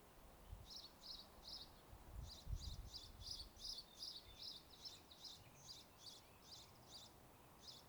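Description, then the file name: Bird song, a long rapid series of high thin chirps repeated two to three times a second, with a steady hiss and low rumble beneath. "birds singing"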